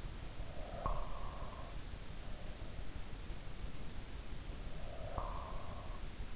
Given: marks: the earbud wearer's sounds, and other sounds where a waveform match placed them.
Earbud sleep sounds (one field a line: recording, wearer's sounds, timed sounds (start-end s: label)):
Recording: sounds in sleep by an in-ear microphone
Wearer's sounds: breath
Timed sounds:
0.36-1.73 s: breath
4.74-5.99 s: breath